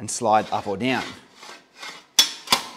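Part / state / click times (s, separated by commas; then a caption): seat-height pop-pin in an exercise bike seat tube / seated / 2.2 s. Someone talks while the metal seat post of an exercise bike is slid up or down in the seat tube, with faint rubbing. The spring-loaded seat-height pop-pin snaps into a position hole with a sharp click at 2.2 s, and a second, softer click follows at 2.5 s. The seat is locked at its new height.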